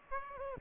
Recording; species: mosquito wingbeat signal from an infrared sensor; Aedes aegypti